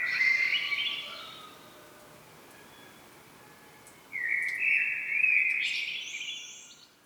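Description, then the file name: Common blackbird singing one rich warbled phrase, a quiet gap of about three seconds, then a longer fluting phrase that rises into squeaky high notes. "Turdus merula"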